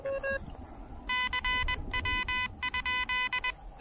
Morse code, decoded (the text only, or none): CW?